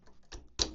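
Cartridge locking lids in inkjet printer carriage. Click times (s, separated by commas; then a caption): 0.3 s, 0.6 s. After the color and black ink cartridges are inserted into the carriage of a Canon Pixma TS5151 inkjet printer, the two plastic cartridge locking lids are pressed closed one after the other. A sharp click sounds at 0.3 s and a louder one at 0.6 s as each lid snaps shut. Both lids are seated.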